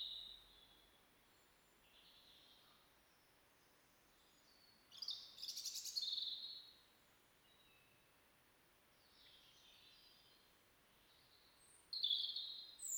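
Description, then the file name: European robin: soft high thin notes, a loud ringing flourish around the middle, faint warbles, and a sharp phrase near the end. "Erithacus rubecula"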